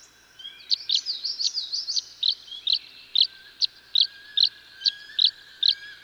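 Tree swallow with a quick liquid twittering run first, then evenly spaced high chirps.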